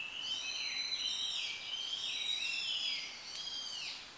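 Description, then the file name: Chinese hwamei singing rich, slurred whistles that rise and fall in long sweeping phrases, over a faint steady background hiss. "gabicho"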